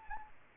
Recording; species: mosquito wingbeat signal from an infrared sensor; Aedes aegypti